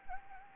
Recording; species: mosquito wingbeat signal from an infrared sensor; Anopheles gambiae